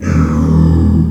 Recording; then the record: squeal of a Yucatan mini pig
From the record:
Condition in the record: after surgery on the right vocal fold (resection and tissue-engineered implant); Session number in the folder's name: 14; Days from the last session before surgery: 133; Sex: female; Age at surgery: 19 weeks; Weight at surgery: 25 kg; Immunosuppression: prednisolone